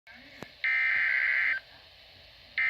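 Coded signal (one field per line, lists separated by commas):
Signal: Emergency Alert System (SAME) tones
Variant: header bursts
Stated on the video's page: Severe Thunderstorm Warning SAME tones received from NOAA Weather Radio transmitter in Indiana.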